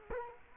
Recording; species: mosquito wingbeat signal from an infrared sensor; Culex quinquefasciatus